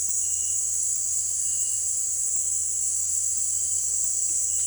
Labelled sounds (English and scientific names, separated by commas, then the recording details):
none
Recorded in dense forest near Puerto Asís, Putumayo, Colombia, on 20 December 2024 at 18:00
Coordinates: 0.482, -76.320
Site G021